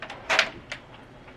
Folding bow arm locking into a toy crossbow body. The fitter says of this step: Does it lock into place? What have I? Kind of.